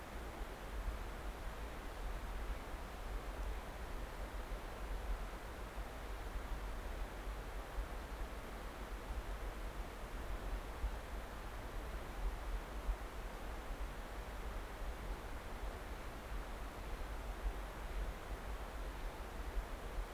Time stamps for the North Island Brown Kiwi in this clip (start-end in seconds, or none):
none